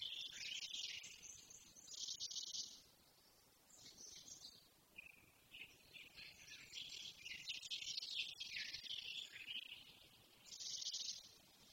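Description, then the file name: Eurasian blackcap singing, bursts of quick varied warbling broken by pauses, with harsher hissy notes near the start and end. "Sylvia atricapilla"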